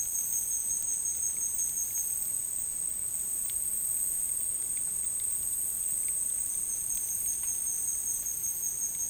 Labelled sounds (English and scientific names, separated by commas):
none